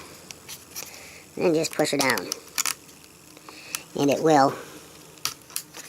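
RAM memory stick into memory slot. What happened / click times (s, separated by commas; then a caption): The module snapped into its slot / 5.2 s. Someone talks while a RAM memory stick, slid into its memory slot at an angle, is pushed down until the retaining clips catch. Several small clicks and taps follow the speech, and the loudest sharp snap at 5.3 s marks the module seating into place.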